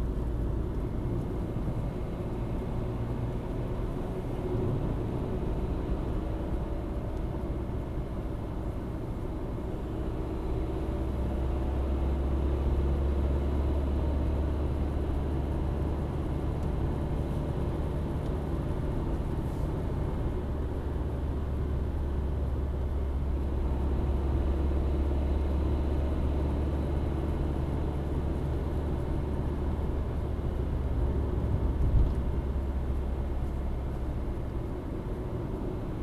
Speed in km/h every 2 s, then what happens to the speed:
58, 64, 67, 68, 68, 68, 76, 77, 78, 79, 78, 73, 76, 78, 78, 72, 67, 65.
0-3 speeds up to 67. 3-9 steady at about 68. 9-12 speeds up to 76. 12-18 steady at about 77. 18-21 slows to 73. 21-27 steady at about 76. 27-36 slows to 65.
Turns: none.